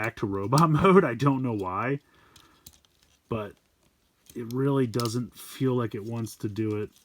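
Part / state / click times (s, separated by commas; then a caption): plastic transformation part into the action figure body / not seated / none. Someone talks while changing a plastic Studio Series Deluxe Class Wheeljack Transformers Rise of the Beasts action figure back to robot mode, working a resisting transformation part into the figure's body. A pause between the talking carries a few faint plastic handling ticks and rattles from about 2.4 to 3.0 seconds. Nothing has seated or clicked into place yet.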